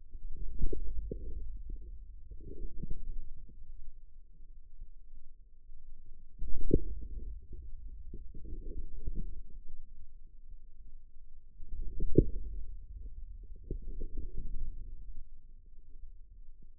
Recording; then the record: forearm muscle sounds (acoustic myography)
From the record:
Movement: inward rotation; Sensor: system 2, bracelet of six BSWA MPA416 microphones around the upper forearm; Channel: 3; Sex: male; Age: 22 years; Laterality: right